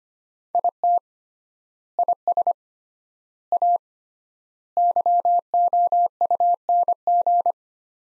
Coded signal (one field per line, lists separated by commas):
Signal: Morse code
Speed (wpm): 25 wpm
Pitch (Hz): 700 Hz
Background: none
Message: IT IS A YOUNG